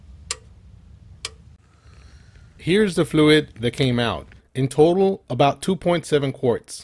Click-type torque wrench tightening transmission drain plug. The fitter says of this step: listen for the click